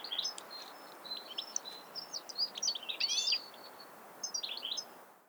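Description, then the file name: European goldfinch: small finch-like twittering, thin slurred notes and quick chirps, fairly faint against a steady background hiss, with a livelier burst around three seconds. "Carduelis carduelis"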